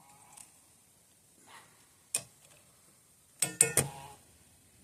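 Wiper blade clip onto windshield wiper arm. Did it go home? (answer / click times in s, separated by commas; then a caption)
yes / 3.6 s. A plastic wiper blade clip is pushed onto a windshield wiper arm, with a sharp knock at 2.2 s and a quick cluster of snaps at 3.4, 3.6 and 3.8 s. The clip clicks into place at 3.6 s, and the blade is seated on the arm.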